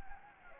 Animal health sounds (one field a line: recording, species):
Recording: mosquito wingbeat signal from an infrared sensor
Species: Anopheles gambiae